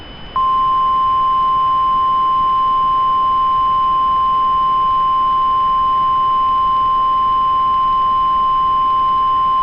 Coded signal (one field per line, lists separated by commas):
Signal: Emergency Alert System (SAME) tones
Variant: 1050 Hz attention tone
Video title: The Devil's Awakening (An EAS Scenario)